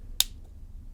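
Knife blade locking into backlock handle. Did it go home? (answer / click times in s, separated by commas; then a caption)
yes / 0.2 s. The blade of a Spyderco Police folding knife is opened until its backlock engages with a single sharp, bright snap at 0.2 s, over a faint low hum. The blade locks into place nicely.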